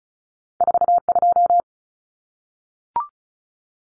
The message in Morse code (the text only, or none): 42